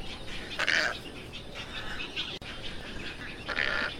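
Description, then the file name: Tricolored heron, two coarse squawking calls near the start and end, separated by quieter hiss. Call (canto). "canto da garca tricolor"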